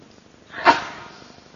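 sneeze

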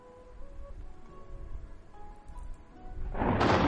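thunder clap

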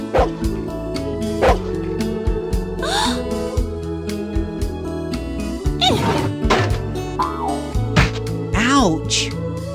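newfoundland dog barking

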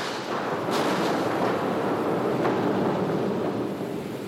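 deafening explosion

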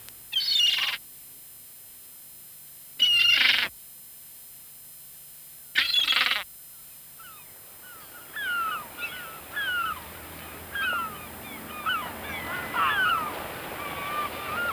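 seagulls crying

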